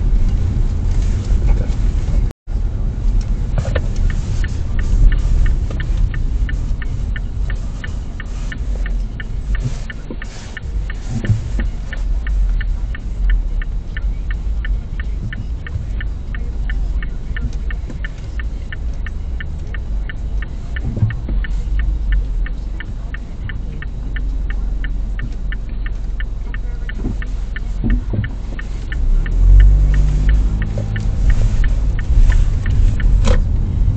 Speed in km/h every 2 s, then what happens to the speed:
24, 24, 18, 10, 0, 0, 0, 0, 0, 0, 0, 0, 0, 0, 0, 13, 15.
3-7 brakes to 0. 7-28 standing. 28-34 pulls away to 15.